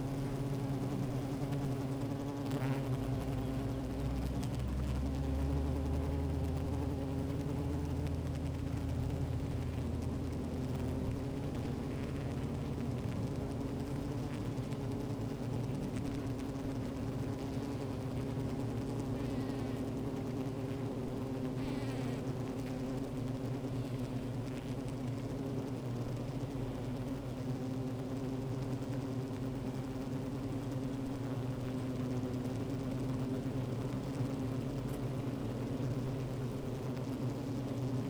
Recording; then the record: honeybee colony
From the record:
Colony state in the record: active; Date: 28 July 2017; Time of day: 15:24